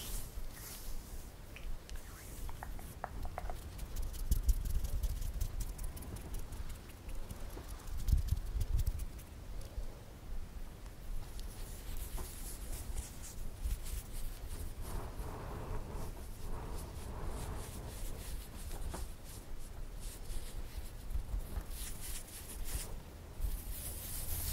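A scalp massage with hair being combed and scratched: dense, continuous rustling and quick bristly strokes, brighter scratching bursts from about twelve seconds onward.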